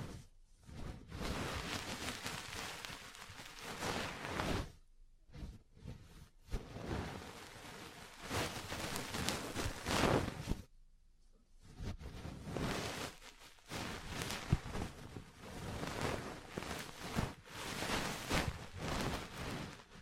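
Ear cleaning, massage and cupping sounds: dense crackling, rubbing bursts that fill most of the clip, each lasting one to three seconds. Short near-silent gaps break them up around 5, 6, 11 and 13.5 seconds, and a sharp tap stands out near 10 seconds.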